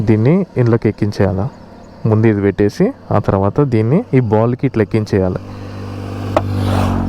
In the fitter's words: ఇట్లా లాక్ అయిపోతుంది.